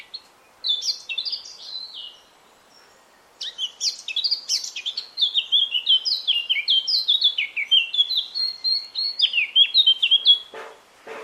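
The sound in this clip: Eurasian Blackcap song: a short warbled phrase, a pause, then a long, lively run of quick varied notes, ending with a brief noisy sound.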